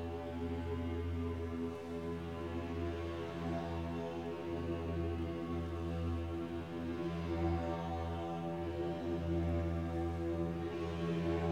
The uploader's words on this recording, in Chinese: 琴床的聲音。有著55根鋼琴弦的樂器。